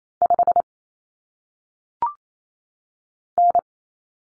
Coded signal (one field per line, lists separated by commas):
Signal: Morse code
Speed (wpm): 28 wpm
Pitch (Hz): 700 Hz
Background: none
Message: 5 N